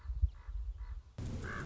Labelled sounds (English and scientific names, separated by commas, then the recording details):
Common Raven (Corvus corax)
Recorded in Sonoma County, California